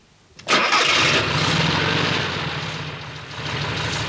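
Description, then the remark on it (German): After a brief quiet moment, a Volkswagen car engine bursts to life with a sudden loud roar, then settles into a steady, rumbling idle with a low droning hum that runs to the end. “Das ist kein Bus, Otto. Das ist ein Volkswagen.”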